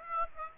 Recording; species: mosquito wingbeat signal from an infrared sensor; Aedes aegypti